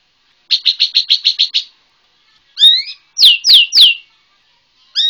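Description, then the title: White-rumped shama song: a fast buzzy trill of seven notes, then loud rich whistles and three sharp descending slurred notes, another phrase starting at the end. Bornean white-rumped shama. "MURAI BORNEO MAS KIKI"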